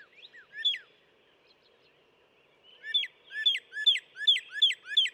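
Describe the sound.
Northern cardinal song: a few scattered slurred whistles, a pause, then six loud, evenly spaced slurred notes.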